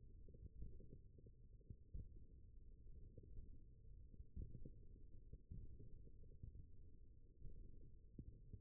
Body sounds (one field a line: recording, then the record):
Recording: forearm muscle sounds (acoustic myography)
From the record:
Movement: finger pinch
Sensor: system 1, eight BSWA MPA416 microphones around the upper forearm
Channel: 7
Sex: male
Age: 20 years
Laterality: left